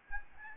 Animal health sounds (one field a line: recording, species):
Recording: mosquito wingbeat signal from an infrared sensor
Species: Aedes albopictus